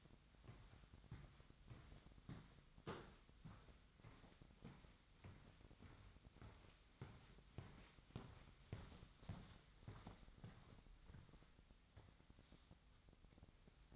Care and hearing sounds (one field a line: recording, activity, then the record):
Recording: daily activity, microphone in the room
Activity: walk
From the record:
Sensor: 3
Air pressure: 1001.5 hPa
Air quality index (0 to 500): 226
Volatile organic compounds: 32 ppm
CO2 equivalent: 3005 ppm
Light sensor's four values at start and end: 11/35/15/13 and 12/36/15/13